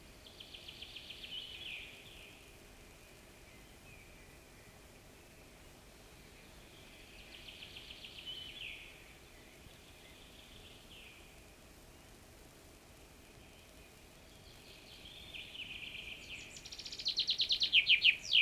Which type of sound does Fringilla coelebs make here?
song